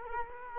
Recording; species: mosquito wingbeat signal from an infrared sensor; Culex quinquefasciatus